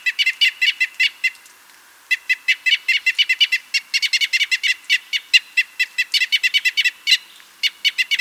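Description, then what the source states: Crossbill calls: rapid series of sharp, metallic chip notes in quick bursts, with two brief pauses. Comparison of crossbill call types N3 and N8.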